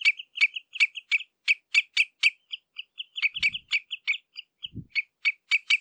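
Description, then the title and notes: Common redshank contact calls, a continuous rapid run of sharp, high piping notes, with a couple of faint low thuds. Contact calls exchanged between redshanks at De Wilck, Benthuizen, on 27 May 2020. "Tureluur -Tringa totanus – Redshank. De Wilck, Benthuizen"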